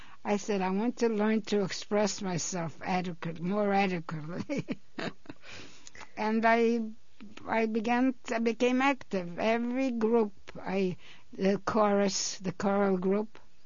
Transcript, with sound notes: I said, "I want to learn to express myself adequate-, more adequately." (she laughs) And I, I began, I became active. Every group. I, the chorus, the choral group,